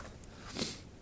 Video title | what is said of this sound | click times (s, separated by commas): BMW E46 E53 X5 Coolant Expansion Tank Removal And Fix 320i 323i 325i 328i 330i | and we're just going to pry up on it a little bit until it clicks up. | 0.2 s